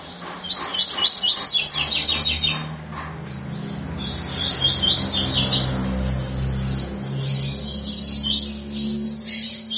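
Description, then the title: Double-collared seedeater song of quick high repeated notes, over a steady low hum and background noise throughout. Tui-tui song style of a spirited ('fibra') bird, a teacher song used for training young birds. "COLEIRO TUI TUI FIBRA"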